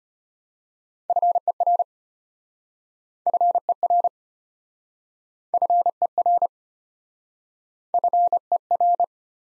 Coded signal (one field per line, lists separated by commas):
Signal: Morse code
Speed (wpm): 34 wpm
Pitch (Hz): 700 Hz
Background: none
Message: FER FER FER FER